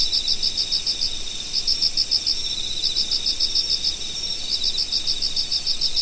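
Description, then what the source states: Autumn insects chirping in short pulsed bursts grouped into rapid trains, over steady high-pitched ringing trills from other insects. Autumn insects in nature.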